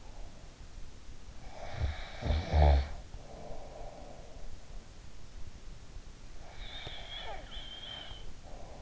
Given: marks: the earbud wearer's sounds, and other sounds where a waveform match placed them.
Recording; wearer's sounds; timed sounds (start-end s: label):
sounds in sleep by an in-ear microphone; snoring breath
1.27-4.20 s: snoring breath
6.37-8.82 s: snoring breath